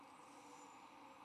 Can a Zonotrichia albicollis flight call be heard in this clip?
no